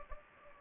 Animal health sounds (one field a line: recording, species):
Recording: mosquito wingbeat signal from an infrared sensor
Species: Anopheles gambiae